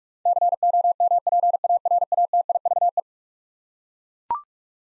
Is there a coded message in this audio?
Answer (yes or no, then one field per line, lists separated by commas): yes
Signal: Morse code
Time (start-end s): 0.3-3.0 s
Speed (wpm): 42 wpm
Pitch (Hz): 700 Hz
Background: none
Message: COMPARATIVE